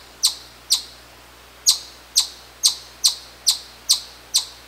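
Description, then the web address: Chipmunk chipping, loud sharp high chips repeated about twice a second, nine in all. "sound Tamias"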